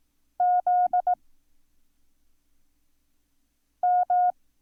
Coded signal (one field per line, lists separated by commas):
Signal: Morse code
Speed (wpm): 18 wpm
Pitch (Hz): 720 Hz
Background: none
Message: ZM